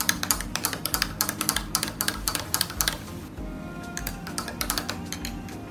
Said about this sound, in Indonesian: Lalu tambahkan air panas tadi 250 ml. Aduk dulu.